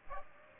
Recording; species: mosquito wingbeat signal from an infrared sensor; Aedes aegypti